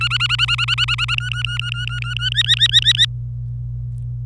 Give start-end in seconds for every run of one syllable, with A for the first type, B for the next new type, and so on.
0.00-1.15 A, 1.17-2.30 B, 2.32-3.06 C